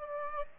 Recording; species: mosquito wingbeat signal from an infrared sensor; Aedes aegypti